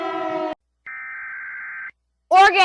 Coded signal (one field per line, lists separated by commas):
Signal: Emergency Alert System (SAME) tones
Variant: header bursts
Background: speech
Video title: Rating EAS alarm from the United States